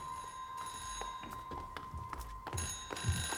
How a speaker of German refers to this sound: Da klingelt ein Telefon. Los, hin!